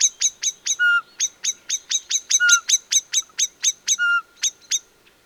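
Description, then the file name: Common blackbird calls: a steady series of hard, metallic ticking notes in quick succession, broken by three brief level whistles, fading out at the end. "Turdus merula"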